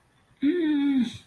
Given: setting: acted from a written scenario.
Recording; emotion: vocal sound without words; distress